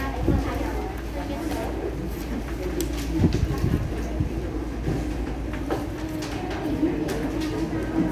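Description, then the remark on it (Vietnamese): Birds call and sing outdoors over a steady low rumble, their chirps and coos rising in scattered bursts across the whole stretch, with faint indistinct voices in the background. “Lĩnh rượu đầu tiên đó là tiếng chim hót ngoài kia vui vẻ quá.”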